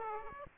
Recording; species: mosquito wingbeat signal from an infrared sensor; Aedes aegypti